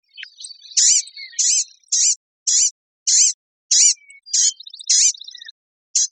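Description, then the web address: Blue-grey gnatcatcher giving a steady series of high, wheezy nasal notes, with a short buzzy trill between them. Recorded in Costa Rica. "birdfinder CR BGGN"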